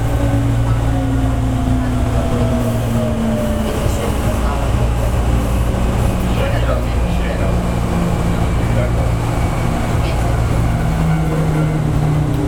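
A Hankyu 3100 series train rolls along steadily with a deep constant motor hum and rumble, faint tones gliding slowly up and down throughout.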